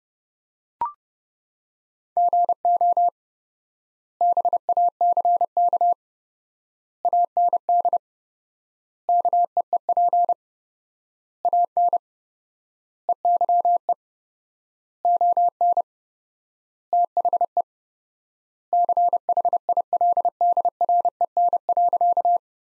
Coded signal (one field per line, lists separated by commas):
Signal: Morse code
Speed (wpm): 30 wpm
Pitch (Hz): 700 Hz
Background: none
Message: GO BACK AND KEEP AN EYE ON THE CHILDREN.